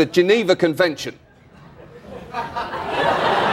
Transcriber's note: soundbite of laughter